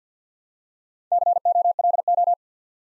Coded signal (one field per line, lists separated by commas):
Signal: Morse code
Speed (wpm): 48 wpm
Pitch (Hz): 700 Hz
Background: none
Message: COLO